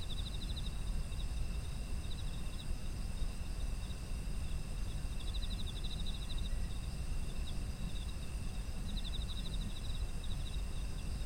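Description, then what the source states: Chirping insects: pulsed trills at the start, middle and end, with sustained shrill insect tones and a low continuous rumble in the background. Ambient sound of autumn insects.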